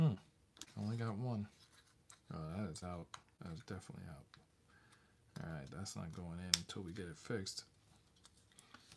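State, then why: Seated. Someone talks while building a Ugears 70171 Pickup Lumberjack wooden model, re-pressing a wooden part so its snap peg goes into the model body. Several small ticks come near the end, and a click from the other side at 8.6 s marks the peg seating.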